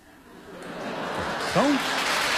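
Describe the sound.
An audience claps steadily, the crowd noise swelling gradually over a couple of seconds, with a brief voice cutting through near the end.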